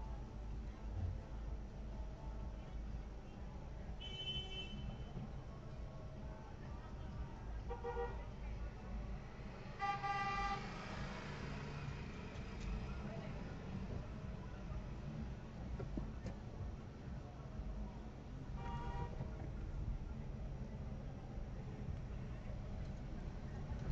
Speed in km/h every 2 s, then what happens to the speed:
0, 2, 3, 1, 0, 2, 0, 0, 0, 6, 5, 5.
0-17 standing. 17-24 steady at about 5.